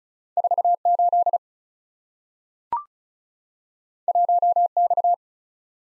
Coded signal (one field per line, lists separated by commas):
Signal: Morse code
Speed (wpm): 36 wpm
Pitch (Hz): 700 Hz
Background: none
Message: 48 1X